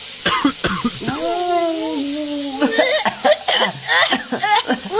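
A couple of sharp, explosive sneezes burst out at the start, followed by a drawn-out, wavering vocal whine and a run of quick, breathy cough-like sounds.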